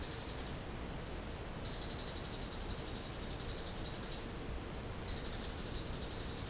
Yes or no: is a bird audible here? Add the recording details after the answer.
no. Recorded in dense forest near Puerto Asís, Putumayo, Colombia, on 13 March 2025 at 11:00. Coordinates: 0.467, -76.328. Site G041